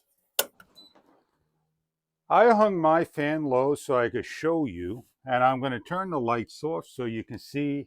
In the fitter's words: this will lock into place if it's done right